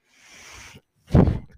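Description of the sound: A soft, airy hiss lasts under a second, then a brief pause, then a louder, low, puffing thump. This is the breath cycle of a home mechanical ventilator: the machine pushing air in, then the valve releasing it.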